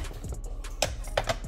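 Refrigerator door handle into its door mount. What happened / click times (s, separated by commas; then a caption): The plastic handle snapped into its mount / 0.8 s. A replacement plastic handle on a Samsung refrigerator door is slid back onto its mount, and one side is pushed until it pops into place with a sharp snap at 0.8 seconds, heard over background music. Softer taps come before it, and two more snaps follow at 1.2 and 1.3 seconds. That side of the handle is seated in its mount.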